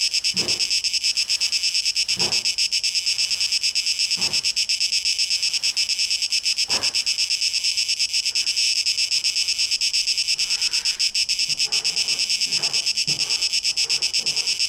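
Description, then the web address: Cicadas in a dense, high, pulsing buzz that never stops, with a few soft low thuds every couple of seconds underneath. Cicadas, 12 August 2023. "rauschpartikel 2023-08-12 Zikaden"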